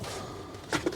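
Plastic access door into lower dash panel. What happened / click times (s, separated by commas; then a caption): Plastic panel snaps into place / 0.7 s, 0.9 s. A plastic access door under the dash of a 2014–2020 Acura MDX is lined up and pressed by hand into the lower dash panel over the cabin air filter housing. After a steady low background hiss, two soft clip sounds come at 0.7 s and 0.9 s as the door seats in place.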